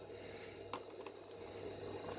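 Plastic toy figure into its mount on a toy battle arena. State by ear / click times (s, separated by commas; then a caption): seated / 0.7 s. A plastic action figure is lined up arrow to arrow and pressed into its plastic mount on a toy battle arena. It will not press in unless the arrows line up. A sharp click sounds at 0.7 s as it seats, followed by a softer tap at 1.1 s over a steady background hum.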